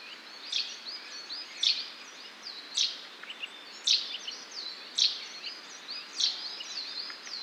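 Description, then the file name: Common chaffinch calls: a sharp, high note repeated roughly every second over a dense chorus of other twittering and whistling birds. "Fringilla coelebs"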